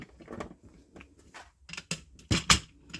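A caster wheel stem is pressed into a leg socket of an office chair base, the home computer leather office chair model MP245. A few soft handling knocks lead up to a sharp snap at 1.9 s as the caster seats, followed by louder clattering bumps. The caster is confirmed snapped in.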